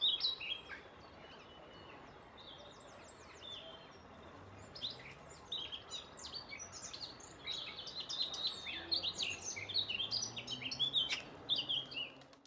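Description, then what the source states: Eurasian blackcap song: a rapid, jumbled warble of varied high chirps and fluty notes, growing louder toward the end. Male, singing.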